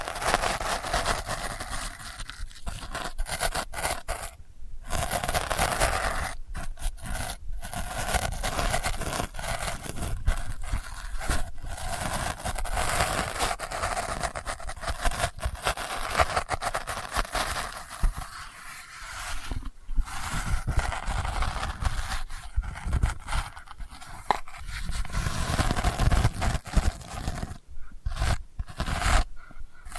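Delicate scratching runs almost without pause for the whole stretch, a dense, dry rasp with a bright crinkly edge. Brief near-silent gaps break it around 5, 20 and 28 seconds, and the strokes swell slightly louder toward the end.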